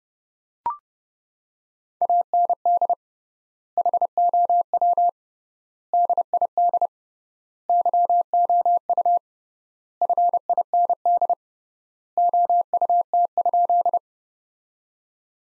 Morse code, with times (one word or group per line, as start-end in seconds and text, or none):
2.0-2.9 AND
3.8-5.1 HOW
5.9-6.9 DID
7.7-9.2 YOU
10.0-11.3 FIND
12.2-14.0 OUT?